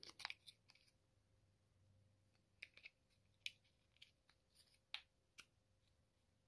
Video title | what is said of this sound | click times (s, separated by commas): Fulton Flashlight Review AND the LED conversion kit | kind of snaps right in there | 4.9 s